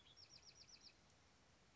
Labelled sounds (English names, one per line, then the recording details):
Bewick's Wren
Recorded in Sonoma County, California